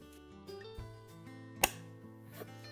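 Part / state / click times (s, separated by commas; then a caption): wiring harness connector onto washer temperature switch / seated / 1.6 s. A wiring harness plug is pushed onto a new washer water temperature switch over soft background music. It gives one sharp, bright click at 1.6 s as the connector clicks in and seats.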